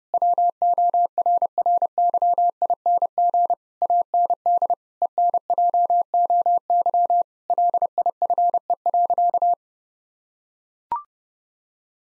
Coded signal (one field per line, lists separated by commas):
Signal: Morse code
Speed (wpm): 30 wpm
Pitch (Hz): 700 Hz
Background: none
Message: WORRYING AND ENJOY LIFE.